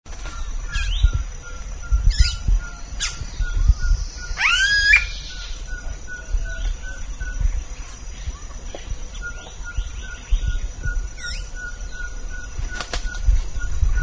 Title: LuckyPassaro Completos2Sama. Smooth-billed Ani (Crotophaga ani)